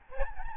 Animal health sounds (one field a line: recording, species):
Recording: mosquito wingbeat signal from an infrared sensor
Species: Aedes albopictus